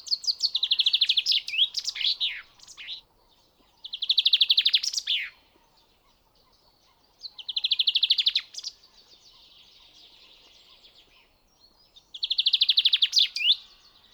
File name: pinson des arbres